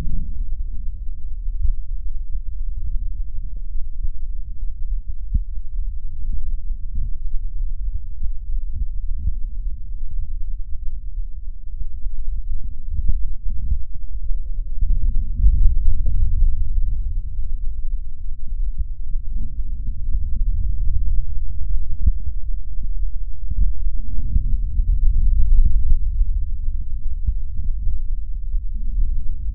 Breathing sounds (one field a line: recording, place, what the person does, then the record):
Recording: lung sounds by stethoscope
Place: left anterior apical chest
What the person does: quiet breathing, then deep breathing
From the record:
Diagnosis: pulmonary infection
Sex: male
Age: 74 years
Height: 171 cm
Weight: 80 kg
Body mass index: 27.4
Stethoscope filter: bell mode